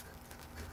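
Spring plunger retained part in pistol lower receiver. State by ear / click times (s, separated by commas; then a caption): not seated / none. A spring-loaded plunger part that is retained in a CZ Scorpion pistol's lower receiver is pushed in and compressed with a tool rather than the thumb. Only a low, steady handling rumble is heard, with a brief faint tick around 0.3 seconds. The part has not locked in place yet and nothing has seated.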